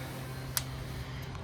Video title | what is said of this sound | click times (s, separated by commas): How to Install a Larson Platinum Door with Storm Door Guy - Part 3 | and you'll hear the pop. | 0.6 s